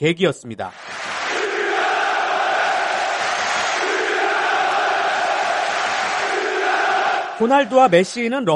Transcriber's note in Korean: 녹취: 축구장 현장음